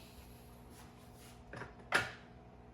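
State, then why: Seated. The standard interchangeable head of a resin/PVC Prime 1 Studio Batman Gotham By Gaslight exclusive collectible statue is fitted onto the statue's neck peg. A soft contact sound comes at 1.5 s, then a sharp snap at 2.0 s as the head seats on the neck.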